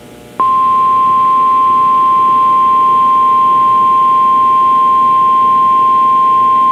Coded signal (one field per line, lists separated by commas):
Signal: Emergency Alert System (SAME) tones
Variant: 1050 Hz attention tone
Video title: EAS - CRP Required Weekly Test on WXK26 Live Voice - 05/24/2023